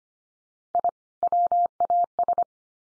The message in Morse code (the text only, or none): I WAS